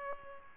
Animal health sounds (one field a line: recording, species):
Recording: mosquito wingbeat signal from an infrared sensor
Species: Culex pipiens